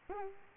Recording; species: mosquito wingbeat signal from an infrared sensor; Culex quinquefasciatus